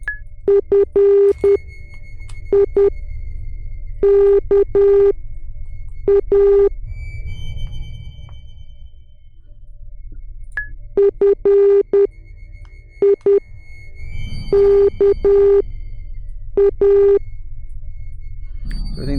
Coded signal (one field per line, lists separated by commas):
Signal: Morse code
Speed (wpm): 10 wpm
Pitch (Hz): 400 Hz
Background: speech, music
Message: FIKA FIKA